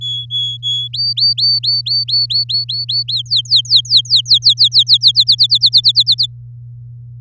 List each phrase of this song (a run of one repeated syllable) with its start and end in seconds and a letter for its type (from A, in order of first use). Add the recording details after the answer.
0.01-0.88 A, 0.93-3.03 B, 3.08-5.12 C, 5.15-6.26 D. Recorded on 9 May 2018 at 07:08. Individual llb16